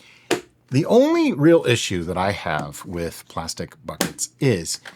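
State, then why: Seated. A plastic lid is pressed onto a plastic fermenting bucket and snaps into place with one sharp snap at 0.3 s, showing the lid has seated and sealed. Someone then talks for the rest of the clip.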